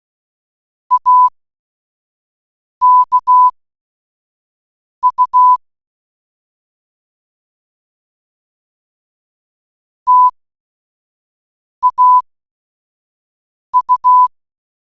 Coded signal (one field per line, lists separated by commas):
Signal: Morse code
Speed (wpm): 16 wpm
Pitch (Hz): 1000 Hz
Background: none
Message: AKU TAU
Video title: Converter Teks to Morse Code Online